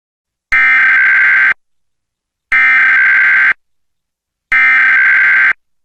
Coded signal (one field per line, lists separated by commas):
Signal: Emergency Alert System (SAME) tones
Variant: header bursts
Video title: EAS Mock: What if Texas used IPAWSCAP on RMT?